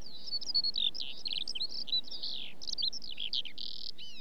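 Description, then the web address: Eurasian skylark song pouring out in quick, jumbled chirps, buzzy trills and sliding whistles, sustained without a break over a soft background hiss. Song flight. "BBC Sound Effects Library. Skylark"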